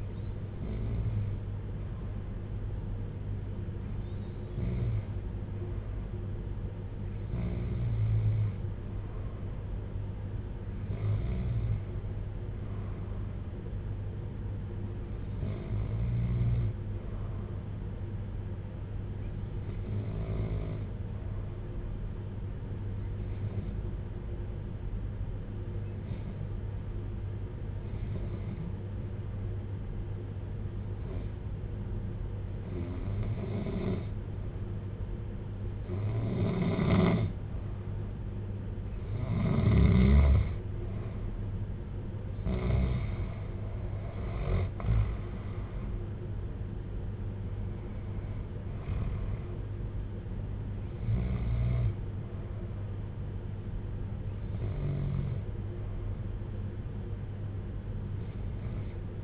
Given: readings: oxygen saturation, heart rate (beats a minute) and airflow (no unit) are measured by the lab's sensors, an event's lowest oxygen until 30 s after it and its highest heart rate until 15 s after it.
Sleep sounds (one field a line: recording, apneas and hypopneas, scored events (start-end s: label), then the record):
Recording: breathing in sleep by a smartphone at the bedside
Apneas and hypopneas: 1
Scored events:
21.00-45.90 s: hypopnea (N2, oxygen 93% highest, then 88% lowest, heart rate 62 at the start, 64 highest)
From the record:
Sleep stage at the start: N2 (light sleep)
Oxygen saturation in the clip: 88 to 93%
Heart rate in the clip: 55 to 64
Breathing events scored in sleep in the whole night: 310 in 8.1 hours asleep